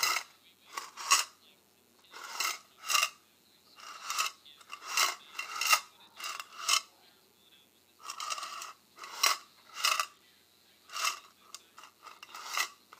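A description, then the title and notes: Paperclips and safety pins clink and rattle in short, bright bursts, about one or two every second, separated by brief silences. Each burst is a quick cluster of light metallic ticks and jingles with no low sounds beneath them. ASMR Paperclips and Safety Pins.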